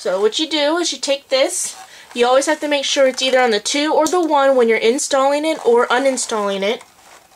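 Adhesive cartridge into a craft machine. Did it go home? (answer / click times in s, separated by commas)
no / none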